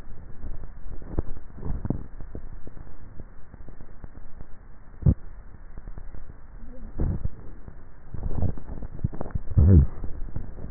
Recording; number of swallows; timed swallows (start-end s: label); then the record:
swallowing sounds by neck microphone; 2
1.62-2.35 s: swallow
8.15-9.38 s: swallow
From the record:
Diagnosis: dysphagia